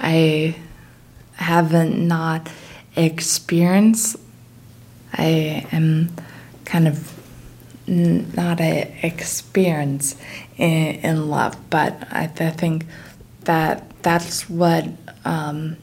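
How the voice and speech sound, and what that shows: An adult woman speaks haltingly, with long pauses, fillers and jumbled phrasing, showing the word-finding difficulty typical of aphasia. She has had aphasia for 19 years, with difficulty with language and word finding. It followed a bike accident at age 18 that left her having to relearn how to think and speak.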